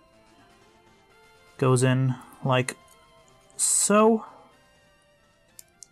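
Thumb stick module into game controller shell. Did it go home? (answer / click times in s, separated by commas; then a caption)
yes / 5.6 s, 5.8 s. An analog thumb stick module is pressed into a new plastic shell for a Nintendo left Joy-Con controller while someone talks over a faint steady background hum. After the talking stops, two sharp ticks at 5.6 and 5.8 seconds mark the thumb stick popping into place and seating in the shell.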